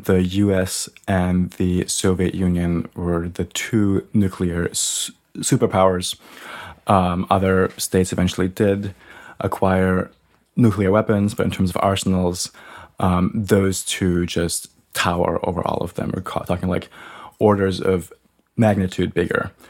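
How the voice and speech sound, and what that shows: A low-pitched adult male voice speaks in bursts broken by frequent pauses, with stretched sounds and tense, catch-like starts on some words. These prolongations and brief blocks are features of stuttering, the speaker's own stated speech condition, heard as pauses and unusual speech patterns.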